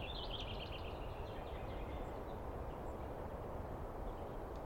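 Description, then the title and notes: Douglas squirrel opening with a quick stuttering chatter that trails off after two seconds, leaving steady low background noise. Squirrel screaming at length at dawn on 21 April 2017 in the East Cascades, recorded on microphones and recorder; identified by sound, not seen well. "On the morning of 21 April, 2017, I set up my microphones and recorder for a nice dawn recording in the East Cascades. I was started awake by a screaming Douglas Pine Squirrel."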